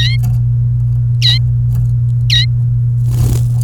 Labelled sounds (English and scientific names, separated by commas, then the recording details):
Domestic Canary (Serinus canaria) song
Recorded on 28 April 2018 at 15:00
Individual llb3